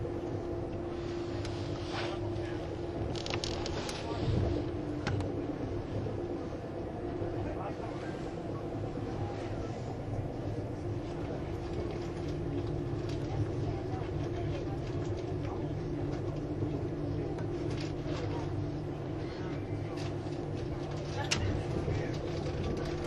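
A Swiss RABDe500 ICN tilting train running on the Gotthard line, heard as a steady, dense rumble with a sustained humming drone that shifts slightly in pitch around twelve seconds. Occasional clicks and knocks stand out near four and twenty-one seconds, with faint voices underneath.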